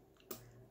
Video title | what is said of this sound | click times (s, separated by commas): Starting a new Junk Journal - Little Duck Little Golden Book - features how I insert eyelets Video 1 | yeah i heard a little click on that one okay i think we're good to go maybe | 0.3 s